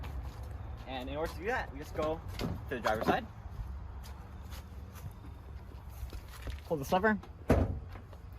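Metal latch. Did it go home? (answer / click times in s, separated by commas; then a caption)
released / 7.5 s. On a 10th-generation 2016–2022 Honda Civic, someone talks while the interior hood release lever on the driver's side is pulled. A sharp click at 7.5 s marks the hood latch at the front of the car popping open. The hood is released and can now be opened.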